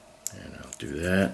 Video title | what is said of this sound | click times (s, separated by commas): DIY: AIRBAG connector replacement EASY! | basically snaps back into place here do | 0.3 s